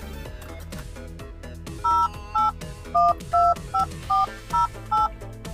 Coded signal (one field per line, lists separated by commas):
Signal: DTMF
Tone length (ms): 160 ms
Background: music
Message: 08125408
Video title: 1997 Mercedes-Benz S420 W140: Double-glazed windows. Memory seats. Factory car phone with a keypad.